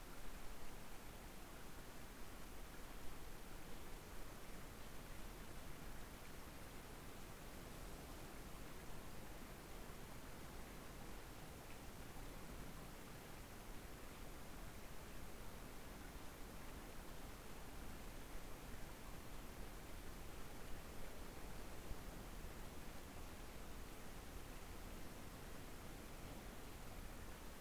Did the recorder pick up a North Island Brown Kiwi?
no